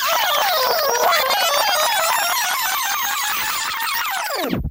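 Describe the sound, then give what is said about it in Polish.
A tape rewinding effect: loud, high-pitched chipmunk-like chatter and warbling squeals rush by continuously for over four seconds, then abruptly drop in pitch and cut off. “O, przepraszam, taśma nam przewinęła się o kilkadziesiąt lat.”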